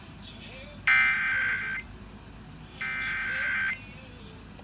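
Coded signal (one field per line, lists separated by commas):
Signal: Emergency Alert System (SAME) tones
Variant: header bursts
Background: speech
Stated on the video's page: EAS required monthly test tones relayed by Pennsylvania FM radio stations.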